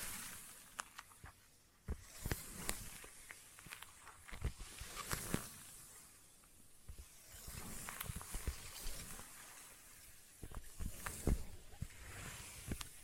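Sticky tapping with sharp, irregular clicks and peeling crackles, bursts of dense sticky noise around two, five and eleven seconds amid quieter stretches.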